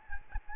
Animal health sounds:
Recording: mosquito wingbeat signal from an infrared sensor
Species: Aedes albopictus

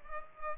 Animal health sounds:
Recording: mosquito wingbeat signal from an infrared sensor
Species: Culex pipiens

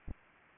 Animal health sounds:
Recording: mosquito wingbeat signal from an infrared sensor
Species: Anopheles arabiensis

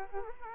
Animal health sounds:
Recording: mosquito wingbeat signal from an infrared sensor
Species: Culex quinquefasciatus

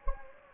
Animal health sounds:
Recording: mosquito wingbeat signal from an infrared sensor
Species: Anopheles gambiae

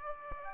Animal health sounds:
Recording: mosquito wingbeat signal from an infrared sensor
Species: Aedes aegypti

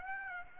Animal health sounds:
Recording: mosquito wingbeat signal from an infrared sensor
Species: Aedes aegypti

